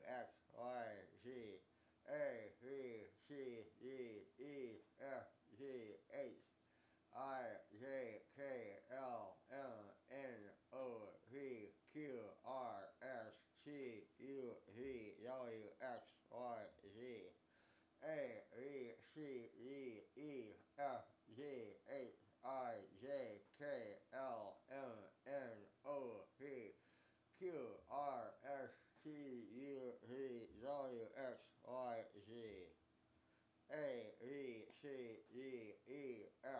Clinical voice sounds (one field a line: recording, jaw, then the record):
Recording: letters of the alphabet, spoken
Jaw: constrained by a bite bar between the teeth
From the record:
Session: first day, right after the free take